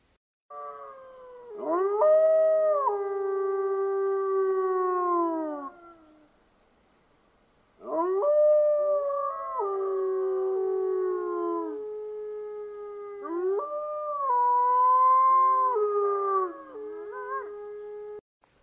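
Wolves howl in three long, drawn-out bouts, their sustained mournful tones sliding and wavering in pitch, several voices overlapping, with brief pauses between bouts and no talking.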